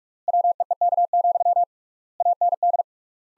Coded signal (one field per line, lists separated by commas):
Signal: Morse code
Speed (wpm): 45 wpm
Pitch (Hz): 700 Hz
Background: none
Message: WEEK, AND